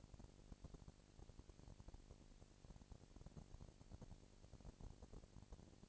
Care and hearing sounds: daily activity, microphone in the room; no activity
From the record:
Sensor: 5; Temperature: 19.8 degrees Celsius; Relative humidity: 36.7%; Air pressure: 997.0 hPa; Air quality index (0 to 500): 169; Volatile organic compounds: 14 ppm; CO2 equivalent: 2441 ppm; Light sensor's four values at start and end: 2/3/1/1 and 2/3/1/1

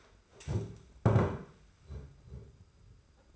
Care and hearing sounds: daily activity, microphone in the room; stand up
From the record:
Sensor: 2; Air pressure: 991.5 hPa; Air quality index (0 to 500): 181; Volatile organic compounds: 1000 ppm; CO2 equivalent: 5884 ppm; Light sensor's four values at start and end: 28/88/34/33 and 25/79/31/30

